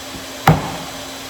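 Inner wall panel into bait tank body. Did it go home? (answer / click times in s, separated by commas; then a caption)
yes / 0.5 s. The last section of an inner wall panel is pressed lightly into an X-Treme Bait Tank body to form the insulating air pocket. A single sharp, knock-like snap sounds at 0.5 s against quiet background, then quickly fades. The snap confirms the panel is seated in place.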